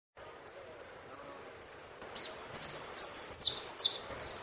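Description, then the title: Saffron finch song opening with four thin high pips, then breaking into a run of loud, harsh, buzzy chirped phrases repeated quickly. "Jilguero Argentino"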